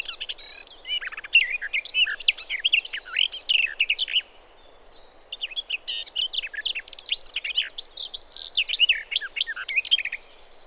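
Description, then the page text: Garden warbler song: long, fast, rich warbling phrases of mixed whistles and chatter, one pause near the middle, with a faint low hiss beneath. "Голоса живой природы(Tony Whitehead) - Славка садовая. Tony Whitehead - Садовая славка (Sylvia borin)"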